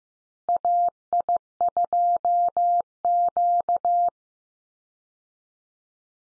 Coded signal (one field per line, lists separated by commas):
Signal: Morse code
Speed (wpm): 15 wpm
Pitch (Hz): 700 Hz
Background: none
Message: AI2Q